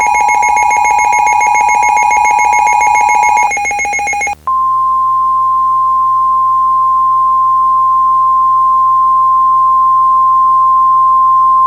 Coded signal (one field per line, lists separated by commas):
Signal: Emergency Alert System (SAME) tones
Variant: 853 and 960 Hz attention tone